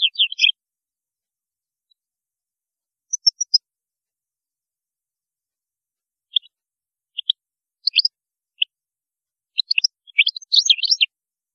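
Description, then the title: European goldfinch with scattered high chips and short twitters that build into a denser tinkling phrase at the end. "Chant Chardonneret"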